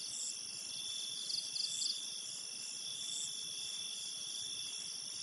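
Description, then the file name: Insects calling at night in a dense, unbroken high-pitched chorus of steady buzzing and ringing tones, with a short burst of pulsed chirps early on. Jungle insects in Thailand at night, both close and distant. "thailand jungle night insects close up and dist"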